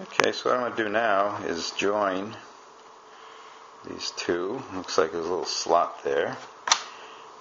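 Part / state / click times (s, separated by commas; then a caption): RC glider tail part into its fuselage slot / seated / 6.7 s. Someone talks while joining two tail parts of a foam RC glider, pushing the tail piece into a small slot in its fuselage. A single sharp snap at 6.7 seconds marks the piece seating in the slot.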